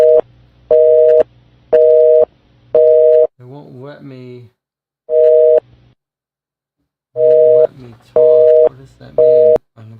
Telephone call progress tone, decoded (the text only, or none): busy tone